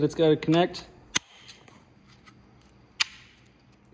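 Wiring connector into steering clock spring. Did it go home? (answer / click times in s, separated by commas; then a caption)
yes / 1.2 s, 3.0 s. Someone talks, then an electrical connector is plugged onto the new steering-wheel clock spring during a carbon fiber heated steering wheel install on a Tundra. Two sharp plastic clicks ring out at 1.2 s and 3.0 s over a quiet background, and the connector is seated in place.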